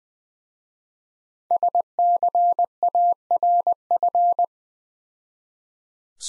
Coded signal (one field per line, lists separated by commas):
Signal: Morse code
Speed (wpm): 20 wpm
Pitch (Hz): 700 Hz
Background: none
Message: SCARF